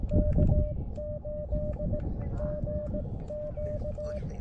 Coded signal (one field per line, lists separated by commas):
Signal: Morse code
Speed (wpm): 18 wpm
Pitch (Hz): 600 Hz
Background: none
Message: K8GQ